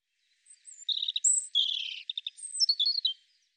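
European robin giving a varied song phrase of high whistles, fast trilled notes and descending twitters, with nothing else audible.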